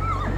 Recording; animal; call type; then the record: contact call of a hoofed animal; Przewalski's horse; whinny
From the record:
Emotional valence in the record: positive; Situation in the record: food anticipation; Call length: 0.38 s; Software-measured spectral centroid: 1720 Hz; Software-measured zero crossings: 1370 a second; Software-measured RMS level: -24 dBFS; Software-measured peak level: -14 dBFS